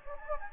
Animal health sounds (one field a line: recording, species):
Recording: mosquito wingbeat signal from an infrared sensor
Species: Anopheles gambiae